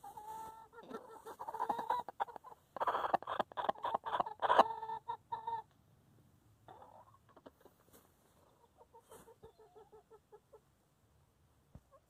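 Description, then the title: Chicken clucking, loud overlapping harmonic clucks and squawks in the first half, then quieter scattered clucks and soft calls toward the end. Chickens in their coop. "In the chicken coop - A csirkeólban"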